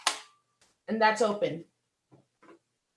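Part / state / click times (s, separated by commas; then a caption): spring hinge latch on a wearable vision headset / seated / 0.1 s. The plain black spring-loaded hinge latch on a wearable vision headset snaps closed with a sharp click at 0.1 s. A faint tick follows near 0.6 s, and then someone talks as the hinge is shown open again.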